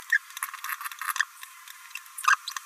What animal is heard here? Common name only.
Green-rumped Parrotlet